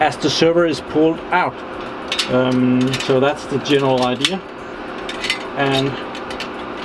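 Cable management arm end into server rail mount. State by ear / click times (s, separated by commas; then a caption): not seated / none. Someone talks while handling the end of a cable management arm being fitted into its mount on a server rail, with faint mechanical ratcheting under the voice. The arm end has not seated or clicked yet when the clip ends.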